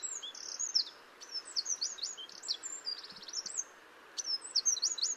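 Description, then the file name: Eurasian wren song: rapid, very high, shrill trills and twittering phrases in quick succession, with brief pauses between bursts. "Troglodytes troglodytes"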